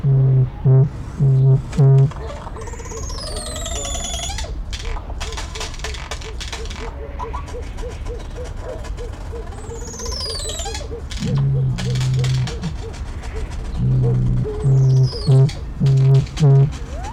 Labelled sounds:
Crested Oropendola (Psarocolius decumanus)
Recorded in captivity
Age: adult
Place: Zoo Berlin, Berlin, DE
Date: 1994-03-05 11:21
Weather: heiter, 4°C, Windböen
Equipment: Marantz CP 430, Sennheiser ME 80, Kopie Uher Variocord 263
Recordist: Tembrock, Günter

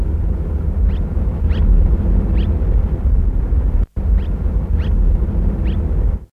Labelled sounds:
Red-rumped Swallow (Cecropis daurica) call
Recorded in the wild
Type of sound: call
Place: Koronia-See, Zentralmakedonien, GR
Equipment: Halbspur, 9,5 cm/s
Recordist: Lütgens, Hans
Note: Rufe

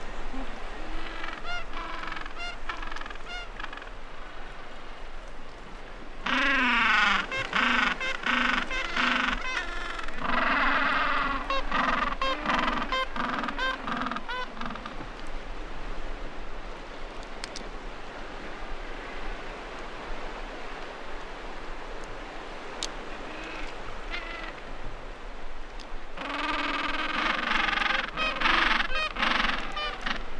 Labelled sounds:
Gentoo Penguin (Pygoscelis papua) call
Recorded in the wild
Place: Georges Point, Antarctica, AQ
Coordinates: -64.4, -62.4
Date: 2018-12-24
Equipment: Olympus LS-100, Sennheiser ME66
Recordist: Beaulieu, Michaël

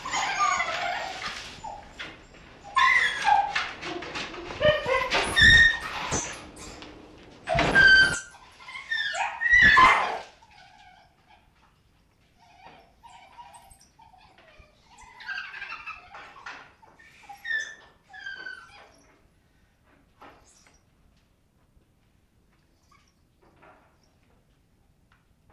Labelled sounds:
Fennec Fox (Vulpes zerda) call
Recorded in captivity
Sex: male
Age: adult
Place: Tierpark Berlin, Berlin, DE
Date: 1965-11-06 11:00
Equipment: Uher 4200 Report Monitor, Sennheiser MD 421, Transistorverstärker 2
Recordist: Tembrock, Günter

